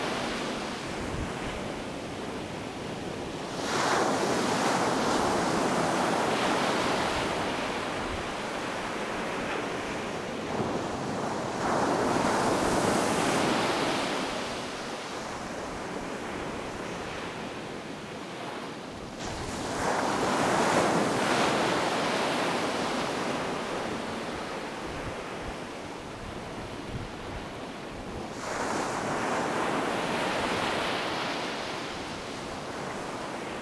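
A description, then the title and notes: Ocean waves wash in and overlap, their hiss never stopping. Each surge builds to a louder, brighter crash roughly every eight seconds, around 4, 12, 20 and 29 seconds, then eases back to a lower rumble. Light wind adds rough low noise underneath. Overlapping waves and sound of the ocean/重なる波と心地よい潮騒. The waves coming from the left and right collide and overlap. It's called a triangular wave. The wind was cold, but the sound of the waves were so soothing.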